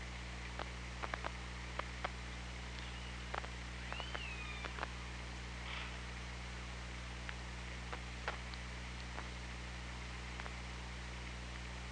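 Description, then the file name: Orca call: one curling tonal call partway through among scattered sharp clicks, with constant underwater hiss and low droning hum. Recorded by OrcaLab hydrophone, 24 August 2017, 16:07. "Orca Lab UTLN JASON 20170824 160749"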